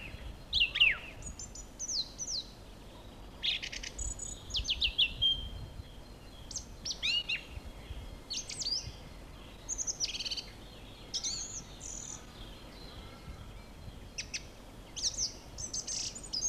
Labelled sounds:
Song Thrush song
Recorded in the wild
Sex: male
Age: adult
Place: Villach, Kärnten, AT
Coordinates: 46.6, 13.85
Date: 1972-03-24
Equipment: Uher 4100 Report-V, Sennheiser MKH 804
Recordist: Brunner, Thomas
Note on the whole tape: In der Nähe des Hungerbaches aufgenommen

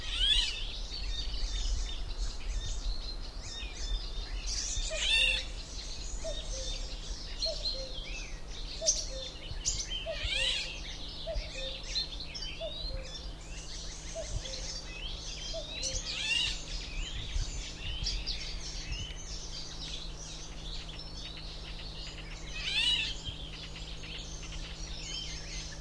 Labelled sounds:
Eurasian Golden Oriole
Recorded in the wild
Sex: pair
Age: adult
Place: Falkenberger Rieselfelder, Barnim, Berlin, DE
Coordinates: 52.5822, 13.5472
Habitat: poplar copse
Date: 1991-06-25
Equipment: Uher 4000 Report Monitor, Sennheiser ME 80, K 30 AV, Original
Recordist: Frommolt, Karl-Heinz

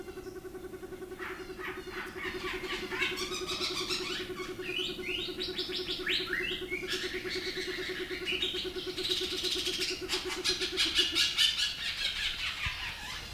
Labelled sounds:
Cinnamon Ground Dove call
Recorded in captivity
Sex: male
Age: adult
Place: Zoo Berlin, Berlin, DE
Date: 2001-03-20 12:53
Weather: partly sunny, 0-2°C
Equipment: Nagra SN, Kopie Uher 4000 Report Monitor
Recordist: Tembrock, Günter
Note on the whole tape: Männchen: Lautfolge

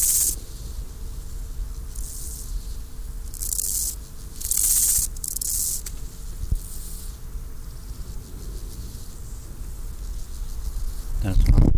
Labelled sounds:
Steppe Grasshopper
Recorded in the wild
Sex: male
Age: imago
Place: Mühlenbeck, Brandenburg, DE
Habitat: Feuchtwiese
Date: 1997-08-31 15:05
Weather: 24°C, sonnig
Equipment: Sony MD-WM MZ-R3, Sennheiser ME 80, K 30 AV, Kopie Uher 4000 Report Monitor
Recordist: Tembrock, Günter
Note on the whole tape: Männchen: Stridulation (nur mit rechtem Hinterschenkel), dann z.T. drei rivalisierende Männchen, auf feuchter Waldwiese bei Summt

